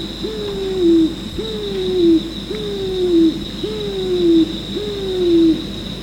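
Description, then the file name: Pigeon calling in low hollow notes, each rising sharply then sliding slowly down, repeated about once a second, over a steady high insect whine. "afep pigeon"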